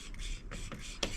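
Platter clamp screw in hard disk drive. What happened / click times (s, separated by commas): The driver bit slipped on a small screw head, which stripped instead of turning / 1.0 s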